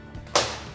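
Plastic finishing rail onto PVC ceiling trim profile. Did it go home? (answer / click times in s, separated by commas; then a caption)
yes / 0.4 s. A small plastic finishing rail is clipped onto the PVC trim profile at the end of a PVC ceiling install. After a quiet lead-in with a faint low bump, a single sharp snap rings out at 0.4 s and decays over the next few tenths of a second. The rail seats onto the profile.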